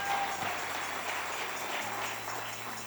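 A church audience claps their hands for the Lord during a sermon, in a steady, dense wash of overlapping claps that holds at an even loudness throughout, with no voices standing out.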